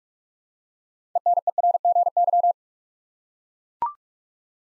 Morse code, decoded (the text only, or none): ENERGY